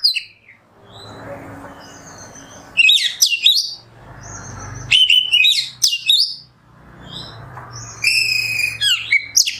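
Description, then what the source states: Oriental magpie-robin giving three loud bursts of jumbled whistles and trills, with gaps of steady background hiss and low rumble between them. Kacer song in the 'nembak' style, used as masteran tutoring.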